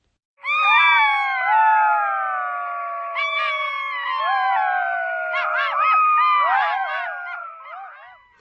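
Golden jackals howling in chorus: several long, wavering, sliding howls overlap, with sharper yipping notes joining in the second half.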